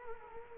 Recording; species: mosquito wingbeat signal from an infrared sensor; Culex quinquefasciatus